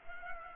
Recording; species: mosquito wingbeat signal from an infrared sensor; Culex pipiens